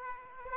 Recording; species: mosquito wingbeat signal from an infrared sensor; Aedes aegypti